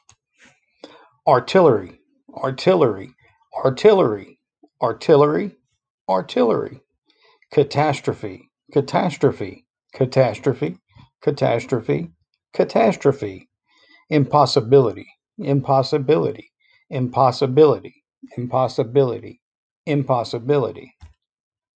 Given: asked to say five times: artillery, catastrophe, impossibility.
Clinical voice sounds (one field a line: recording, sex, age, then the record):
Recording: three words, each repeated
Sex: male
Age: 30 to 39 years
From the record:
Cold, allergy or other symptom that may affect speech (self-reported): no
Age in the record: 35 years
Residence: Texas, United States